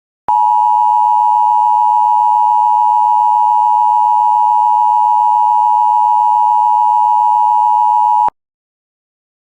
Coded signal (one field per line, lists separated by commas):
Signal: Emergency Alert System (SAME) tones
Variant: 853 and 960 Hz attention tone